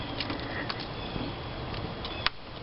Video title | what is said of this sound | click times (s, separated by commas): 2003 Ford Escape check engine light (part 4 of 6) fuel injector replacement | snap that was in place | 2.3 s